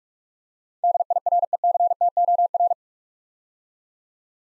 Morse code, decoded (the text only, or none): DIRECTOR